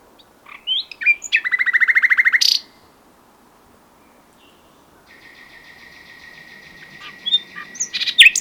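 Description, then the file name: Common nightingale song: a fast, loud rattling trill lasting about a second, a pause, then a quieter buzzy trill that grows louder with sharp notes. "Luscinia megarhynchos"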